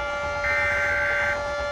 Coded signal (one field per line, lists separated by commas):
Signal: Emergency Alert System (SAME) tones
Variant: header bursts